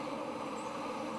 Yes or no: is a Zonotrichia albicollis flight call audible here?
no